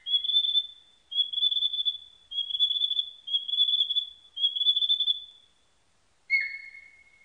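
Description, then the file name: Narcissus flycatcher song: five rapid trilled phrases around a steady high pitch, each about a second long, then a short pause and a lower whistle. Recorded 21 May 1999. "990521 kibitaki"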